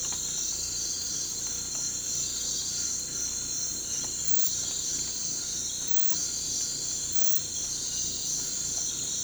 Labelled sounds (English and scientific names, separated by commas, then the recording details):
none
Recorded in pastures near Puerto Asís, Putumayo, Colombia, on 18 December 2024 at 03:30
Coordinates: 0.466, -76.322
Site G040